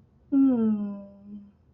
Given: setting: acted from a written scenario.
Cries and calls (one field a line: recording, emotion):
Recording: vocal sound without words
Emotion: sympathy